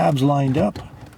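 An instrument cluster for a 2003–2008 Toyota Matrix is being handled at the dashboard opening with its tabs lined up, ready to be pushed in. Someone talks through most of the clip, followed by quieter background sound and a faint tap near 1.1 seconds. The clip ends before the cluster goes home, and nothing has seated or clicked yet.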